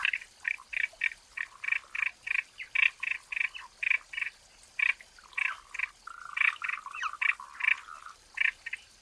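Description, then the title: Frogs croaking in a fast, regular series of rasping pulses, a few lower drawn-out notes mixed in, the chorus continuing steadily throughout. Frogs calling in a forest. "林中蛙鸣鸟鸣"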